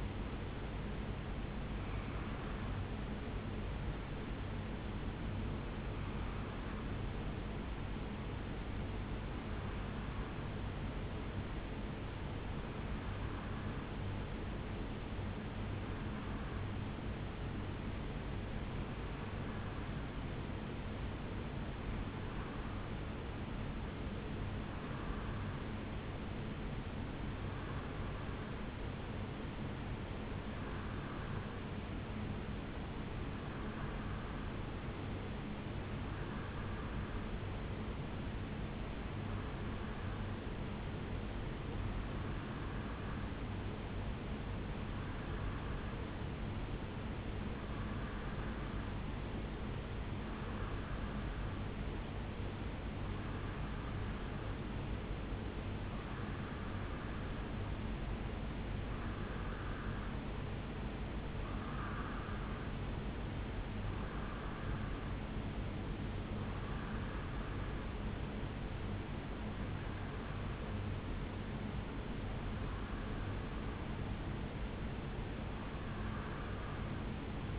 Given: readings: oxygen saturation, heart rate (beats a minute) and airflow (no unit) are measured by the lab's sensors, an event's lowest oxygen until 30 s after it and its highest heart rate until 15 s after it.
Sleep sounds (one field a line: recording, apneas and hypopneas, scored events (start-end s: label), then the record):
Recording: breathing in sleep by a voice recorder at the bedside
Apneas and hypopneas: 1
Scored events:
8.00-49.40 s: hypopnea (N1, oxygen 97% highest, then 90% lowest, heart rate 64 at the start, 74 highest)
11.00-77.59 s: new sleep stage, N2 (light sleep)
From the record:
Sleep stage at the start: N1 (lightest sleep)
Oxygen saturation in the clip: 89 to 97%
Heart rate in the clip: 62 to 74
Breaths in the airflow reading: 25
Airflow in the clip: -2.5 to 3.0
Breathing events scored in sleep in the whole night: 449 in 7.0 hours asleep